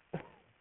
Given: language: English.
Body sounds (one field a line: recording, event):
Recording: throat vibration sensor signal played as sound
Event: cough